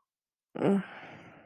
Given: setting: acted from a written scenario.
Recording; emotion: vocal sound without words; desire